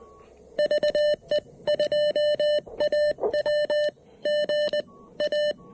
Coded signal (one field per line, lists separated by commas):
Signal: Morse code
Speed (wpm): 20 wpm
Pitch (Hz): 600 Hz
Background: none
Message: VE2AW GA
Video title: Breaking in my New-To-Me Elecraft KX1 during a POTA activation!